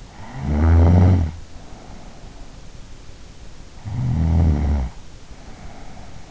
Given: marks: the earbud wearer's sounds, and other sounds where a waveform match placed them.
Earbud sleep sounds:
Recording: sounds in sleep by an in-ear microphone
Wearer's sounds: snoring breath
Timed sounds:
0.20-2.73 s: snoring breath
3.58-6.29 s: snoring breath

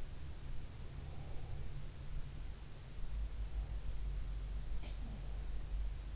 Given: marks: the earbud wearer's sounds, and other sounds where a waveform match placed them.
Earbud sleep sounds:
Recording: sounds in sleep by an in-ear microphone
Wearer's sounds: breath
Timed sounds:
0.71-1.85 s: breath
4.73-5.37 s: sound from someone else or the room

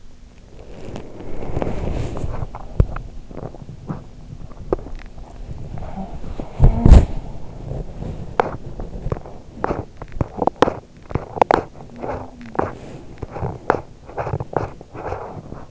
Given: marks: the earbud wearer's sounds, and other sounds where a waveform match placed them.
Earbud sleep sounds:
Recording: sounds in sleep by an in-ear microphone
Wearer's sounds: body movement, swallowing, talking in sleep, teeth grinding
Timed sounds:
0.00-9.89 s: body movement
2.51-3.63 s: swallowing
5.71-7.18 s: talking in sleep
8.27-15.71 s: teeth grinding
11.74-12.64 s: sound from someone else or the room

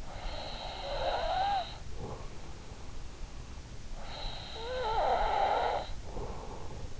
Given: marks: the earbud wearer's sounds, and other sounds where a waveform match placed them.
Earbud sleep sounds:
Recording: sounds in sleep by an in-ear microphone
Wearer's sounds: breath, snoring breath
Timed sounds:
0.00-2.45 s: breath
4.16-6.74 s: snoring breath

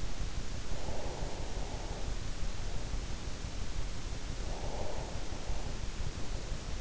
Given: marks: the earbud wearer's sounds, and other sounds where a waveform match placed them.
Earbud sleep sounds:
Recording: sounds in sleep by an in-ear microphone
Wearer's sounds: breath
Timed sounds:
0.68-2.19 s: breath
4.31-6.28 s: breath

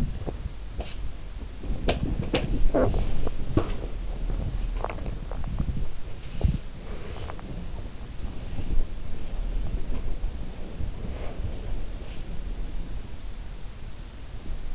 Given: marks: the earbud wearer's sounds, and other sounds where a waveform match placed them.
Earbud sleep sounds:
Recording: sounds in sleep by an in-ear microphone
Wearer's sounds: body movement, swallowing, teeth grinding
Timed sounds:
0.00-14.75 s: body movement
4.50-5.35 s: swallowing
7.17-7.71 s: teeth grinding

